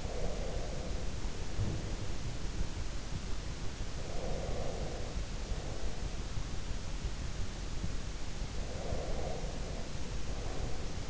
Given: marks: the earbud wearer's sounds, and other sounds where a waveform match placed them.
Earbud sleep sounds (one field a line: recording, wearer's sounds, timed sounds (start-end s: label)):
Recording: sounds in sleep by an in-ear microphone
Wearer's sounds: breath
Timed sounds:
0.00-2.46 s: breath
1.55-2.00 s: sound from someone else or the room
3.95-6.36 s: breath
8.50-11.10 s: breath